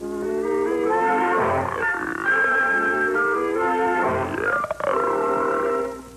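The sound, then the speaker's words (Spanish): A voice imitates a sleeping frog with a long, wavering, nasal hum that swoops up and down in pitch, sustained steadily for about six seconds without any words. “A pesar de ser la creencia general, mi investigamiento prueba que la gente no duerme como un tronco. Duerme como la rana.”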